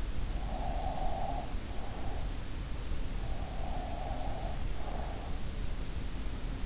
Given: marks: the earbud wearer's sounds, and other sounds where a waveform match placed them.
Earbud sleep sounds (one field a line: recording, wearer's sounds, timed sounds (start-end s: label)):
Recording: sounds in sleep by an in-ear microphone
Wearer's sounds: breath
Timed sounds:
0.46-1.75 s: breath
3.44-5.18 s: breath